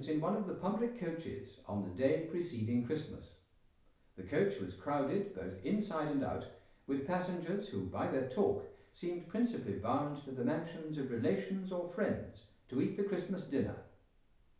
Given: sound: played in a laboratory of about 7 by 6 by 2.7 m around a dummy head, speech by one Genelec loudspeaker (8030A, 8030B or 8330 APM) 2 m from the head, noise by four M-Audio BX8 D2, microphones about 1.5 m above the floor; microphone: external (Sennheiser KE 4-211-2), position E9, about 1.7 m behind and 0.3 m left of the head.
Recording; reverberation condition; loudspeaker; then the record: male speech in English; medium; 120 degrees to the right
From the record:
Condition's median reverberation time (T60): about 510 ms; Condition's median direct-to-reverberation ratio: about -0.5 dB